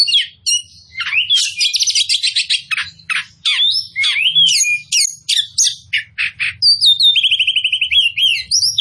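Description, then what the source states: Oriental magpie-robin song: a fast, varied stream of sweet whistles, sliding notes, dry chips and a buzzy trill near the end, with a faint low hum underneath. Local Indonesian name kacer poci; described as gacor, singing vigorously.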